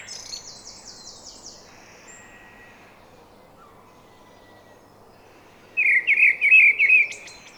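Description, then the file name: Eurasian blackbird song fragments: a thin, high twittering trill first, then quiet, and near the end a loud burst of rapid chattering notes. "Turdus merula"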